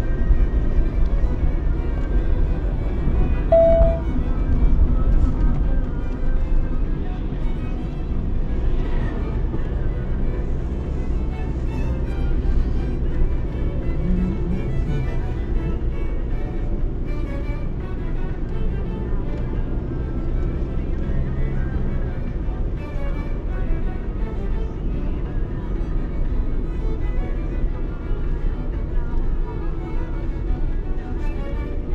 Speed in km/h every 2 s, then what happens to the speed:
65, 65, 57, 45, 45, 50, 49, 46, 45, 47, 51, 50, 49, 45, 41, 36.
2-5 brakes to 45. 5-17 steady at about 45. 17-21 speeds up to 51. 25-32 slows to 36.